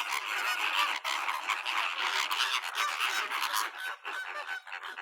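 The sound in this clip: Bird flock calling, a busy mass of harsh overlapping honks with a couple of brief breaks in the chorus.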